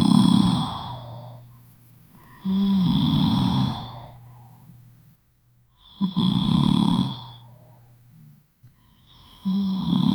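A girl snoring loudly while asleep, with repeated snoring breaths separated by quiet pauses.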